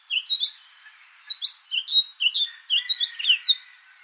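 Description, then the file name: Eurasian blackcap song: a fast, varied warble of chirps and slurred whistles, pausing briefly before running on continuously. "Sylvia atricapilla"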